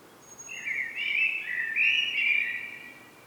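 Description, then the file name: Common blackbird song: one long, mellow whistled phrase that warbles up and down. "Turdus merula"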